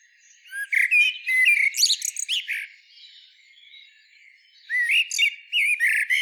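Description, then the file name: Common blackbird singing two warbled phrases that rise into thin, scratchy twittering, separated by a quiet gap of about two seconds. "Turdus merula"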